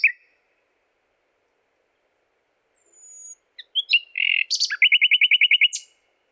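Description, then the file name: Common nightingale song: a thin high whistle, a few sharp varied notes, then a rapid run of about a dozen identical loud throbbing notes. "Luscinia megarhynchos"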